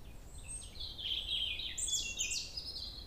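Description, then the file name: Common blackbird song: a dense run of high, squeaky twittering notes, rapid and continuous for about three seconds. "merle"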